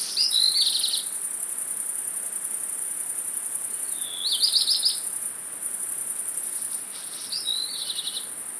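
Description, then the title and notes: Great Green Bush-cricket giving a sustained high-pitched rasping buzz. Three brief twittering bird calls come through it. First of the year, several individuals singing in Virginia creeper covering a house, 700 m altitude, late afternoon into evening, from a balcony, Fourcinet, Drôme, 9 July 2018. "Fourcinet - Drôme. Rencontre avec les premières Grandes Sauterelles vertes"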